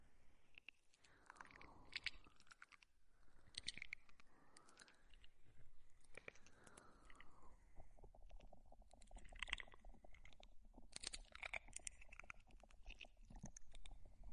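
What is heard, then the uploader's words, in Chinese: Mouth sounds fill the clip: wet clicks, smacks and crunchy chewing noises come in quick, irregular bursts throughout. In the first half, soft breathy swishes rise and fall between the clicks, and after about eight seconds the sharp clicking and crunching grow denser and brighter. 填满脑阔的口腔音。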